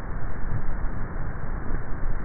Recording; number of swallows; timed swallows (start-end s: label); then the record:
swallowing sounds by neck microphone; 1
0.21-0.84 s: swallow
From the record:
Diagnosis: dysphagia